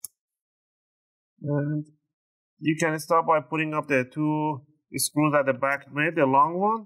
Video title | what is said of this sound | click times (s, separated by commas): How to Upgrade NVMe Storage on ASUS TUF A15 FA507RF: Quick & Easy Guide | and squeeze the corners make sure you those nice click sounds on the back on the side | 0.1 s